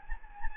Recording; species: mosquito wingbeat signal from an infrared sensor; Anopheles gambiae